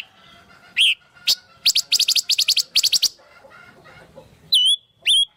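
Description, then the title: Spiderhunter song: a loud whistle, then a fast series of sharp notes, ending with two more whistles. Long, clear, chatty singing (gacor) used to train birds. "Pijantung Gunung Gacor Jernih Panjang"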